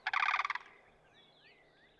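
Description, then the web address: Sandhill crane with a loud, rolling, trumpeting rattle of rapid pulses lasting about half a second, followed by faint whistles from other birds. "Dan Gibson Wildlife Identification By Sound, Western North America. Sandhill Crane"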